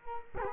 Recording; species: mosquito wingbeat signal from an infrared sensor; Culex quinquefasciatus